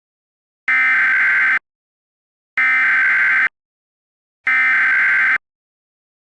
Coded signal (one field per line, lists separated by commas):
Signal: Emergency Alert System (SAME) tones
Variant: header bursts